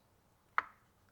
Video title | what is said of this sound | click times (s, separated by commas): 14” Tesla Screen UPGRADE for 09-14 F150 - Full Install & Setup! | so you hear that click | 0.6 s